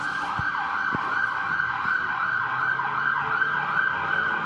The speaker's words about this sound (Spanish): Eso no fueron efectos de sonido. Eso no fueron efectos de sonidos, en verdad fue una ambulancia.